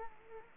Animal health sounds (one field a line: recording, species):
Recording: mosquito wingbeat signal from an infrared sensor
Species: Culex quinquefasciatus